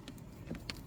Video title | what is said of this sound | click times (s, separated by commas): Changing the Oil 2023 Kia Sportage SX 16k Service | goes in first at an angle, and then click, and you should hear it click. | 0.7 s